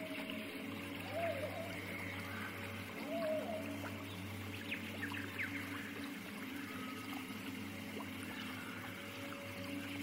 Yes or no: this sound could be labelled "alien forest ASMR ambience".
yes